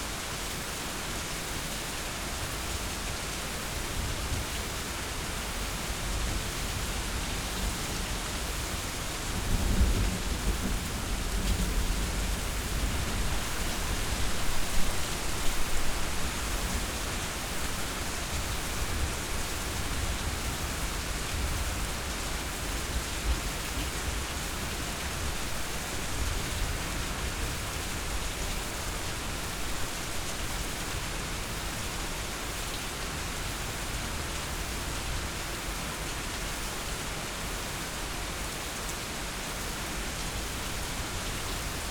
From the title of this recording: Thunder and Rain